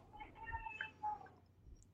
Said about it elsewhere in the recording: Can you hear my baby crying? She's hungry and it's bedtime.